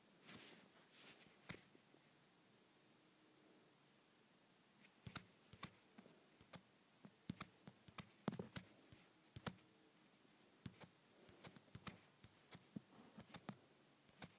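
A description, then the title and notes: A phone being rubbed produces scattered dry scraping and tapping sounds, with bursts of quick clicks around the first second and again from about five seconds on. Between the bursts there is a soft steady hiss, and a faint low hum comes and goes. ASMR Rubbing my Phone.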